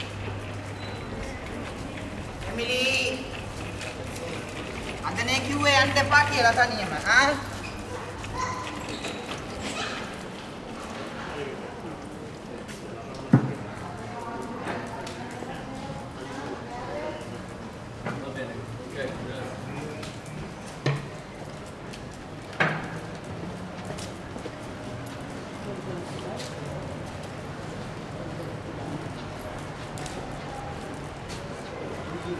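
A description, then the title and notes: A soundwalk through a busy harbourside area, with a steady murmur of people talking and a low hum underneath. Voices rise around five to eight seconds, and sharp knocks and clatters break through near 13, 21 and 23 seconds. Soundwalk at Porto Antico in Genova with my dog Lungo. By Alessandro Massobrio.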